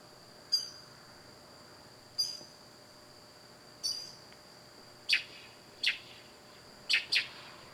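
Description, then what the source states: Bird calls: sharp, high, abrupt notes given singly and in pairs every second or so over a steady background hiss and a faint constant tone. At night.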